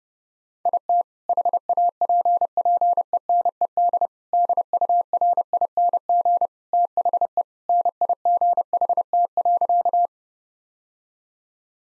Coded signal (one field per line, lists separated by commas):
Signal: Morse code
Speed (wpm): 29 wpm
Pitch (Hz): 700 Hz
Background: none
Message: IT HAPPENED DURING THE NIGHT.